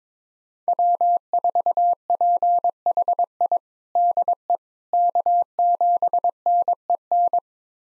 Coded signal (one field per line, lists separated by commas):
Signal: Morse code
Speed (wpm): 22 wpm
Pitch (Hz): 700 Hz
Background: none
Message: W4PHI DE K7NEN